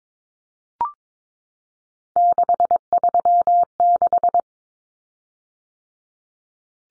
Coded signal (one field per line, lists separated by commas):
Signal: Morse code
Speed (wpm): 22 wpm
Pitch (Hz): 700 Hz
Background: none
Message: 636